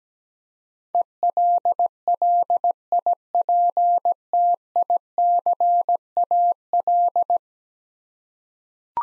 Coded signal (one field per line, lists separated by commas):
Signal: Morse code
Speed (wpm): 17 wpm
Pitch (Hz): 700 Hz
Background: none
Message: ELLIPTICAL